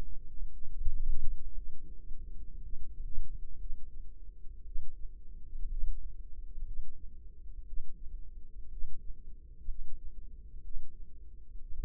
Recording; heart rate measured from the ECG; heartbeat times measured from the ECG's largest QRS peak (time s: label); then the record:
heart sounds by microphone in the left ear; 59 bpm
0.49 s: heartbeat
1.53 s: heartbeat
2.60 s: heartbeat
3.57 s: heartbeat
4.63 s: heartbeat
5.68 s: heartbeat
6.63 s: heartbeat
7.64 s: heartbeat
8.68 s: heartbeat
9.65 s: heartbeat
10.61 s: heartbeat
11.70 s: heartbeat
From the record:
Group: healthy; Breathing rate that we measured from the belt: 18 breaths a minute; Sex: female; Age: 36 years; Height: 163 cm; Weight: 88 kg